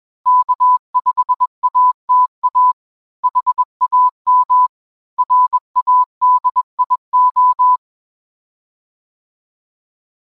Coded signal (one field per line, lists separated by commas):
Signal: Morse code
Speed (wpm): 21 wpm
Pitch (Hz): 1000 Hz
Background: none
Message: K5ATA HAM RADIO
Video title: Ham Radio Basics: Intro to Soldering and How to Solder PCB Board